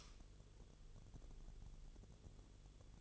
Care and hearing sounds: daily activity, microphone in the room; light on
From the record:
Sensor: 4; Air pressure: 1008.7 hPa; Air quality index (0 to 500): 97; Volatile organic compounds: 1 ppm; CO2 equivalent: 731 ppm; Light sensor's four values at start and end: 12/26/10/10 and 12/28/11/11

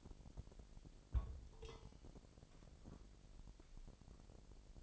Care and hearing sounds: daily activity, microphone in the room; place on stove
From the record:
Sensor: 5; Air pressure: 999.6 hPa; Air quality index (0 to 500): 217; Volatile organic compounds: 19 ppm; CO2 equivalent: 2653 ppm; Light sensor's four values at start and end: 28/60/26/27 and 28/60/26/27

